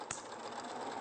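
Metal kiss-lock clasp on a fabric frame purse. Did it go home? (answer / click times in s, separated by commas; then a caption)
yes / 0.1 s. A metal kiss-lock clasp on a finished fabric frame purse is pressed closed, giving one sharp, bright snap at 0.1 s over the steady whir of a running sewing machine. The clasp snaps shut and is seated.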